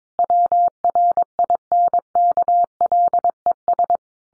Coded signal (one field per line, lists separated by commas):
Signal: Morse code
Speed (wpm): 22 wpm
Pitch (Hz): 700 Hz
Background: none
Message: WRINKLES